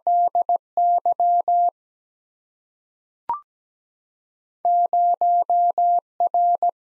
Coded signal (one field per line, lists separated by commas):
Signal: Morse code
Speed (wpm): 17 wpm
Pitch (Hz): 700 Hz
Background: none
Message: D Y 0 R